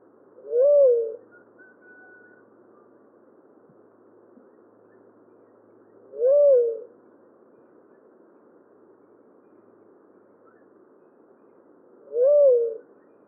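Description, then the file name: Tolima dove giving a single soft, low hooting coo that rises then falls, repeated about every six seconds over a faint steady hiss. "Tolima Dove Leptotila conoveri"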